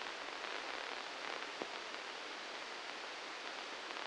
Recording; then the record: brain microelectrode recording played as sound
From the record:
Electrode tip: inside the subthalamic nucleus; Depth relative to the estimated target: -1 mm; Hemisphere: left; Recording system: NeuroSet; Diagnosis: Parkinson's disease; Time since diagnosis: 7 years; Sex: male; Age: 44 years